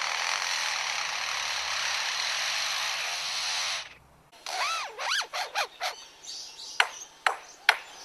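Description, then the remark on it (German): A blackbird mimics a mobile phone ringtone: after about four seconds of steady, hissing rasp, a run of looping, swooping whistles gives way to several sharp, bright pings, fairly loud with no talking. “Und welchen Sinn ergibt der Klingelton aus der Amselkehle nun oder der Akkuschrauber-Sound bei dem Leierschwanz?”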